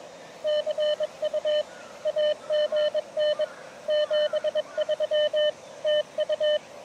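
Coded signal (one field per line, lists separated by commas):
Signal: Morse code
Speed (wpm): 24 wpm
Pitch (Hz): 610 Hz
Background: radio noise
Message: CU AGN 73 TU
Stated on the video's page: Beginner Morse code at 18 WPM during a POTA park activation on 40m 7 MHz and 30m 10 MHz, including park-to-park contacts.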